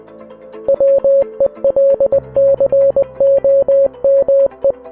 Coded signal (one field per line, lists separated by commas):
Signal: Morse code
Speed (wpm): 20 wpm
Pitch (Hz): 550 Hz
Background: music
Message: WELCOME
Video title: RAMBO FIRST BLOOD II (EASTER EGG) Commodore 64 Game Review